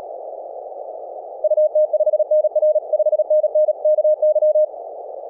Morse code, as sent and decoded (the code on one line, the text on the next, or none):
..- - ..... -. .-. / ..... -. -. / -.- -.--
UT5NR 5NN KY